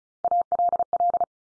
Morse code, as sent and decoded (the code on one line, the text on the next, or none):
.- .-.. .-..
ALL